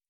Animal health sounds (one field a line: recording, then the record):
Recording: hydrophone in a shrimp aquaculture tank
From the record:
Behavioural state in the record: feeding